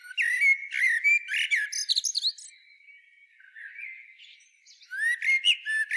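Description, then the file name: Eurasian blackbird delivering a fast run of sharp chipping notes and squeals, a quiet soft warble in the middle, then another sharp burst. "Turdus merula"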